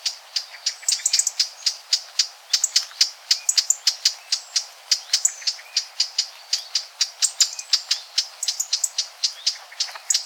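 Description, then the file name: Eurasian blackcap giving hard clicking tac calls, repeated rapidly several times a second throughout. "Sylvia atricapilla"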